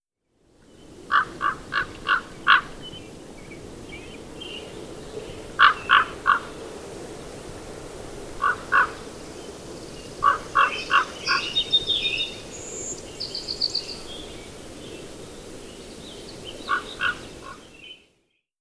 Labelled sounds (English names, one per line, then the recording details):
Common Raven call
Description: Common Raven call recorded on the Cub Lake Trail in Rocky Mountain National Park. Note that an American Robin, a Chipping Sparrow and a Song Sparrow can be heard in the background
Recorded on 22 June 2015